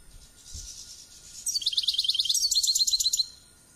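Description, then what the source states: Finch song: a single high phrase of quick, evenly repeated chirping notes that runs for about two seconds over a soft hiss. Labelled 'drunk'; Ilam.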